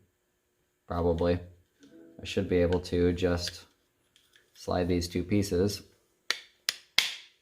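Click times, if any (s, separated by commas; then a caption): 6.3 s, 6.7 s, 7.0 s. Two plastic pieces of a Saab 9-5 HVAC actuator motor and casing assembly are slid together and pressed into the HVAC heater box assembly while someone talks. Three sharp, bright clicks follow at 6.3, 6.7 and 7.0 seconds as the pieces snap into place and seat.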